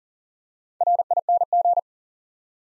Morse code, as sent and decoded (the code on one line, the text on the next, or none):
.-. .. -. --.
RING